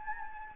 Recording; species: mosquito wingbeat signal from an infrared sensor; Anopheles gambiae